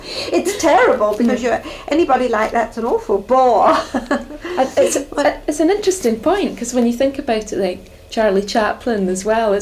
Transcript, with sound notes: It's terrible! 'Cause anybody like that's an awful bore! [laughs]
It's an interesting point. 'Cause when you think about it, like Charlie Chaplin as well.